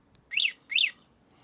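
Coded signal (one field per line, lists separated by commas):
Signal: beep code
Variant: electric scooter alarm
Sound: two quick high chirps, each sweeping up then down in pitch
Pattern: 2 short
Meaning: Two beeps mean the scooter has been switched off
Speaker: If I will switch it off, another 2 beeps.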